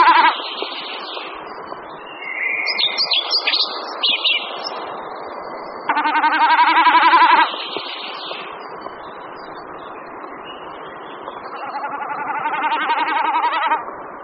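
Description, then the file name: Common snipe drumming, a wavering, throbbing bleat in three bursts, with a songbird's high twittering phrases in the gaps between them. "Bekasina otavní"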